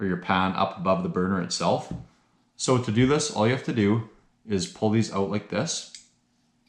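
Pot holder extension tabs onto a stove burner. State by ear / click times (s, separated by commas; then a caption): not seated / none. Someone talks while pulling out the metal pot holder extension tabs that mount on a backcountry camping stove burner to raise a pot or pan above it. Only speech is heard, ending in near-silence with a faint tick at the very end. Nothing has seated or clicked yet; the tabs are not yet locked into place.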